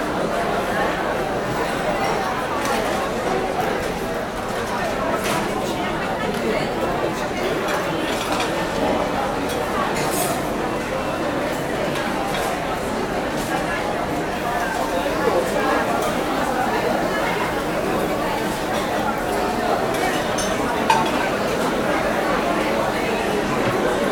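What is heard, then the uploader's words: Crowded coffee shop ambience: many overlapping voices blend into a dense, steady murmur that holds an even level for the whole stretch. Scattered light clinks and knocks poke through now and then, with a brief sharper sound near the 21-second mark. Open Coffee Shop Crowded Ambience Thoughtful Place Pause at Work Tea House.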